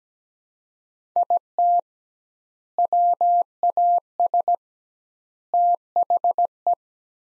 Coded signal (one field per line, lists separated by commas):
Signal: Morse code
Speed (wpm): 17 wpm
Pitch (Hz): 700 Hz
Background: none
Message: IT WAS THE